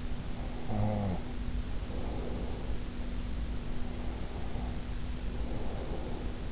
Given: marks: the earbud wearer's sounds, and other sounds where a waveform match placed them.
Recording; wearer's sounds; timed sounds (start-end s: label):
sounds in sleep by an in-ear microphone; snoring breath, breath
0.20-3.28 s: snoring breath
3.61-6.52 s: breath